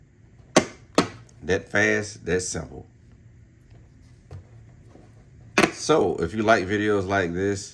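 Side mirror glass is pushed onto its plastic backing in the mirror housing, giving two sharp clicks at 0.6 s and 1.0 s as it snaps into place. The glass is seated and locked in, and someone talks afterward.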